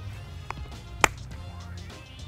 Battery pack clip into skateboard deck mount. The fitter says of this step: then kind of manhandle that other clip right in you can hear there's that click